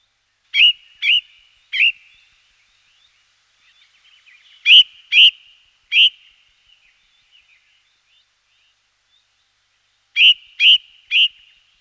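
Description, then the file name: Ring ouzel song: repeated phrases of three loud, piping whistled notes, each phrase separated by a few seconds of near silence with faint twittering. Song, 2004. "roche 2004 ringdrossel"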